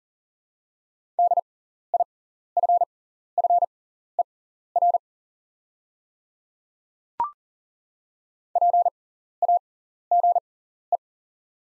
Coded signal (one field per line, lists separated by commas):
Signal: Morse code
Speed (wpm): 40 wpm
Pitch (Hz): 700 Hz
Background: none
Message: DIFFER PAGE